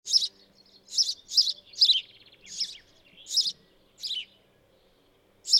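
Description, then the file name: House sparrow chirping, short harsh high notes repeated at irregular intervals. "Passer domesticus"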